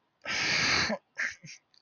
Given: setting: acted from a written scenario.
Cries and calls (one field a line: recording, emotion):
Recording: vocal sound without words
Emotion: shame